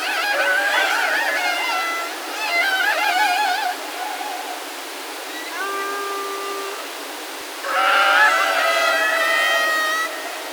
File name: Orcas Killer Whales